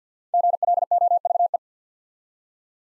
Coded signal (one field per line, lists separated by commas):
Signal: Morse code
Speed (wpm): 50 wpm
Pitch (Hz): 700 Hz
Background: none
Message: GLOVE